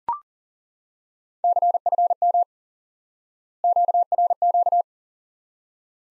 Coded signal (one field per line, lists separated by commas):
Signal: Morse code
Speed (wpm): 37 wpm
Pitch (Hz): 700 Hz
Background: none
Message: CFM QRQ